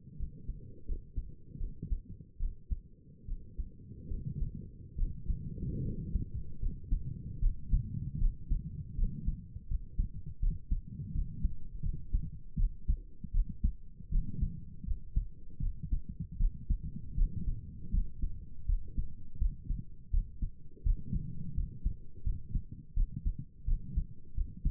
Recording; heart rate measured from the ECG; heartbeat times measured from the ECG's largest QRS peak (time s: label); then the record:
heart sounds by stethoscope; 79 bpm
0.18 s: heartbeat
0.87 s: heartbeat
1.59 s: heartbeat
2.39 s: heartbeat
3.27 s: heartbeat
4.10 s: heartbeat
4.97 s: heartbeat
5.83 s: heartbeat
6.61 s: heartbeat
7.41 s: heartbeat
8.20 s: heartbeat
8.97 s: heartbeat
9.69 s: heartbeat
10.41 s: heartbeat
11.13 s: heartbeat
11.83 s: heartbeat
12.58 s: heartbeat
13.33 s: heartbeat
14.11 s: heartbeat
14.86 s: heartbeat
15.61 s: heartbeat
16.39 s: heartbeat
17.16 s: heartbeat
17.92 s: heartbeat
18.67 s: heartbeat
19.39 s: heartbeat
20.12 s: heartbeat
20.84 s: heartbeat
21.56 s: heartbeat
22.24 s: heartbeat
22.95 s: heartbeat
23.66 s: heartbeat
24.36 s: heartbeat
From the record:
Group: healthy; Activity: rest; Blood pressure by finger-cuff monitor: 97/63 mmHg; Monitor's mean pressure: 72 mmHg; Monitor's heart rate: 80 bpm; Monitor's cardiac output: 6.1 L/min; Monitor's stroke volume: 77 mL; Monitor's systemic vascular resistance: 830 dyn s/cm5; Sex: female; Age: 22 years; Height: 163 cm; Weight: 67.1 kg